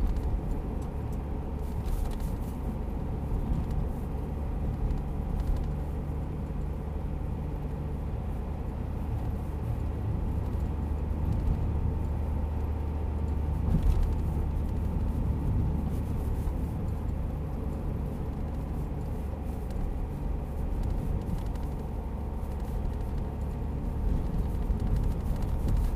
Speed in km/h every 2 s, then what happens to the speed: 51, 52, 54, 54, 54, 54, 54, 55, 53, 53, 52, 52, 52.
0-26 steady at about 53.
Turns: none.